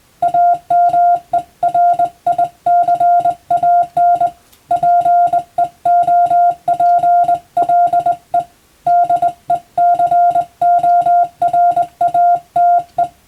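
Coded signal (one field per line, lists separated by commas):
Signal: Morse code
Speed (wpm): 22 wpm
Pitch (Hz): 700 Hz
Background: music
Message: AMERICAN PEOPLE DECORATE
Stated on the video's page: Morse receiving practice for the Japanese radiotelegraph operator national exam, using English-language telegram practice text.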